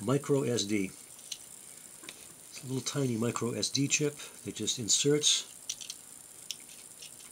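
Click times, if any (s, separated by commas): 6.5 s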